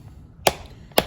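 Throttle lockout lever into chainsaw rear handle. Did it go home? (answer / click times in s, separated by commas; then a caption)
yes / 0.5 s, 1.0 s. The throttle trigger lockout of a Stihl MS-311 chainsaw, with its spring hooked under the catch, is pressed into two grooves in the plastic rear handle. Two sharp, bright snaps ring out at 0.5 s and 1.0 s against a quiet background. The lockout snaps in and is confirmed seated in place.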